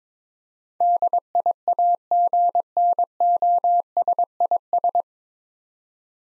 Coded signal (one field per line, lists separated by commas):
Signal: Morse code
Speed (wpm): 22 wpm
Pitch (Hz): 700 Hz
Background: none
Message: DIAGNOSIS